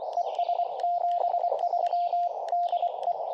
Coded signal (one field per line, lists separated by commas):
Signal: Morse code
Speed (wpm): 24 wpm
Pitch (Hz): 690 Hz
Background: radio noise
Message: ES 73 DE